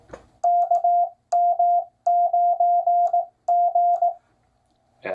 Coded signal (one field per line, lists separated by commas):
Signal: Morse code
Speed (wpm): 18 wpm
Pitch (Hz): 700 Hz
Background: none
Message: KM9G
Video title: #37 How To Build a 20m Dipole - Ham Radio Portable or Bust #1